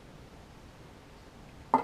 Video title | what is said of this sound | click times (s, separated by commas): Tea Time With Ricky and Liz - Ep1 | oh it snaps right in to this nine volt connector here | 1.7 s